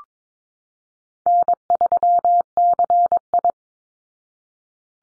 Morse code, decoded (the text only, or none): N3CI